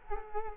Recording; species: mosquito wingbeat signal from an infrared sensor; Culex quinquefasciatus